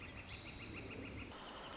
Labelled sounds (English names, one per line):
Northern Flicker